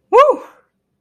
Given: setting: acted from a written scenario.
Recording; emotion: vocal sound without words; contentment